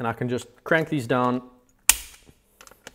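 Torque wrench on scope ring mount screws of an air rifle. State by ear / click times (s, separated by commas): torque reached / 1.9 s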